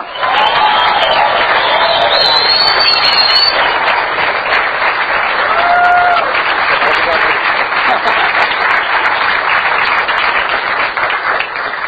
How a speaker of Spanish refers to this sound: Recibamos con un fuerte aplauso a mi amigo Ángel Molina.